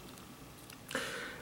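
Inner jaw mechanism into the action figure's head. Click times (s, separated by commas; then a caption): 0.9 s. The extendable inner jaw of a Herocross AVP Requiem Hybrid Metal Figuration No.032 Predalien metal collectible figure is pushed back into the head. A couple of faint ticks come first, then a sharp snap at 0.9 s as the inner jaw seats back into place.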